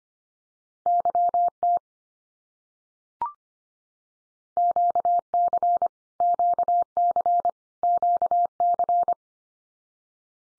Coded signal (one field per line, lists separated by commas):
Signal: Morse code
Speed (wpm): 25 wpm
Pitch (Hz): 700 Hz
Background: none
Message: YT QC QC QC